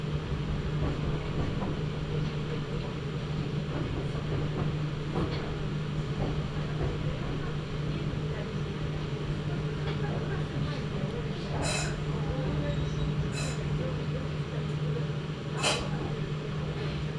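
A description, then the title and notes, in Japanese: Inside a local train between stations, a steady low rumble runs throughout with a constant humming drone underneath. Loudness barely changes, and short bright clacks and rattles from the wheels and car break through around 12, 13 and 16 seconds. 名古屋鉄道 蒲郡線 蒲郡→吉良吉田。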